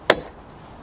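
The bottom socket of the second Emerald tailgate gas strut on an Audi S3 8V is pressed onto the lower metal ball stud. It snaps on with a single sharp click at 0.1 s, then quiet follows. The strut's lower end is seated on the ball stud.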